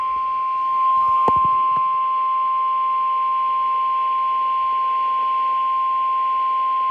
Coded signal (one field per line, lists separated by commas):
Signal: Emergency Alert System (SAME) tones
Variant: 1050 Hz attention tone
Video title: Scholastic Storms IV (EAS Alerts from 5/16/23) EAS #61-#80